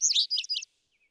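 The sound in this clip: Vesper sparrow song fragment: three quick buzzy, jumbled note clusters lasting under a second, then silence.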